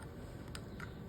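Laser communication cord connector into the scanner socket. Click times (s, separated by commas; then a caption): 0.6 s. The connector of a long black laser communication cord, lined up by its red dot and two ridges, is pushed all the way into the scanner socket of a Boston Scientific micromanipulator. A faint, sharp click at 0.6 s signals that the connector is fully seated, followed by a softer tick at 0.8 s over a low steady background.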